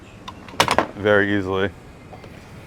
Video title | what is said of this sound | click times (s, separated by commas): Built for the Serious Angler: Bluewater 2850 Center Console Full Walkthrough | and it will lock into place and then you can just deploy it right from the boat | 0.6 s